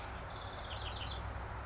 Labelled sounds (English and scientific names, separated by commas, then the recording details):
Chestnut-backed Chickadee (Poecile rufescens)
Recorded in Sonoma County, California